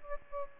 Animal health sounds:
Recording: mosquito wingbeat signal from an infrared sensor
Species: Aedes aegypti

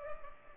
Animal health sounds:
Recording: mosquito wingbeat signal from an infrared sensor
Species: Culex pipiens

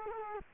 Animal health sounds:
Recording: mosquito wingbeat signal from an infrared sensor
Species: Culex quinquefasciatus

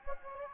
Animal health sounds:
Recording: mosquito wingbeat signal from an infrared sensor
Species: Anopheles gambiae

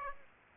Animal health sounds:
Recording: mosquito wingbeat signal from an infrared sensor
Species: Aedes aegypti

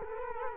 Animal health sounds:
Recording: mosquito wingbeat signal from an infrared sensor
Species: Culex quinquefasciatus

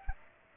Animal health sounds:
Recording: mosquito wingbeat signal from an infrared sensor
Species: Aedes aegypti

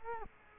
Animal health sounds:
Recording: mosquito wingbeat signal from an infrared sensor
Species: Culex quinquefasciatus

